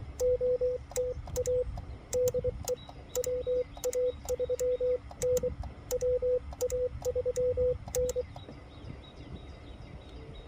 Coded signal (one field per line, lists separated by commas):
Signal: Morse code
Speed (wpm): 24 wpm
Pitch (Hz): 500 Hz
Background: radio noise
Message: OTA DE WA3N WA3N